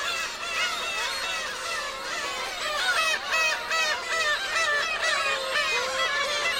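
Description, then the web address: Gulls calling together in a crowded chorus, many drawn-out nasal mews bending up and down and overlapping steadily for the whole stretch. Gull colony on an island at Hachinohe, Japan. "Foundation 1 AMBIENCE HACHINOHE SEAGULL ISLAND"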